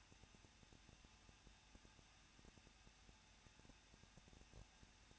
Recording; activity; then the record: daily activity, microphone in the room; no activity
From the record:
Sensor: 2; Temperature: 21.0 degrees Celsius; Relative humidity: 37.5%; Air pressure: 1006.3 hPa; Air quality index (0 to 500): 223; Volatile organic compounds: 25 ppm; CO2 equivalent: 2828 ppm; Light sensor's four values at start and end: 2/3/2/2 and 2/3/2/2